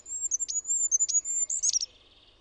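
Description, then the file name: Goldcrest song, a very high-pitched run of rapid see-saw notes closing with a quick tumbling flourish, lasting about two seconds. "HIPPIAINEN"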